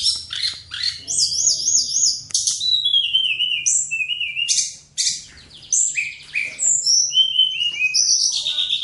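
Songbird pouring out varied high phrases: wavy warbled trills, descending whistled slurs and chattering notes in quick succession.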